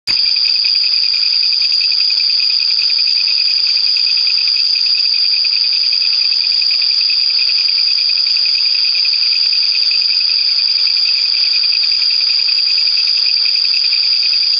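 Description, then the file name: Japanese katydid singing a continuous shrill, rattling drone, evenly sustained for the whole stretch without breaks. "クツワムシ"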